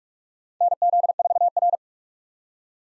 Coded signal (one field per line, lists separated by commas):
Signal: Morse code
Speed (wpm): 43 wpm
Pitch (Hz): 700 Hz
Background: none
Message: NZ4R